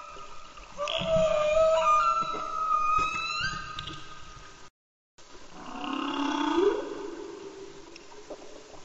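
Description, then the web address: Humpback whale song: long tonal moans and higher harmonic whistles, a sustained cry near the start, then a brief gap and a rising, swelling moan. Antarctica. "Antarctia Bultrug Humpback Whale Song"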